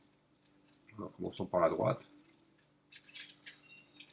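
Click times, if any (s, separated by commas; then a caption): 2.2 s, 2.6 s, 3.5 s. On an iPod Touch 4, the glass/screen assembly is pried off the small retaining clips in the music player housing, starting on the right side, while someone talks. Faint clicks are heard at about 2.3, 2.6 and 3.5 seconds as the clips release, and the screen assembly comes unclipped.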